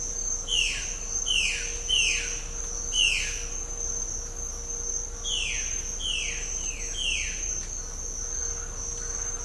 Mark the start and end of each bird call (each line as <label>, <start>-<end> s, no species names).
bird call, 0.45-0.90 s
bird call, 1.20-1.59 s
bird call, 1.87-2.34 s
bird call, 2.89-3.36 s
bird call, 5.25-5.72 s
bird call, 5.99-7.35 s